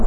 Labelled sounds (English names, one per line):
Hermit Warbler flight call